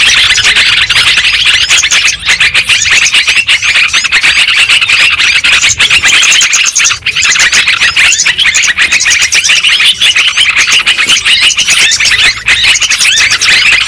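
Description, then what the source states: Lovebird: constant shrill twittering from lovebirds, many squeaky notes layered together with only tiny momentary gaps. Lure sound for trapping lovebirds.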